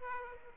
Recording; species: mosquito wingbeat signal from an infrared sensor; Aedes aegypti